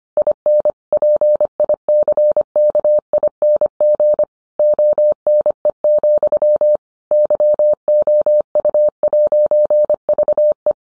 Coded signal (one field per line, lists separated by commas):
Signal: Morse code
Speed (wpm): 25 wpm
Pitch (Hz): 600 Hz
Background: none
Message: IN PICKING ONE, YOU'VE